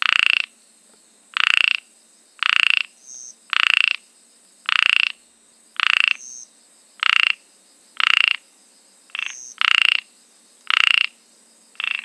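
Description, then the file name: Ornate narrow-mouthed frog calling, a steady series of short rasping notes, with a few fainter calls between them. "Microhyla ornata"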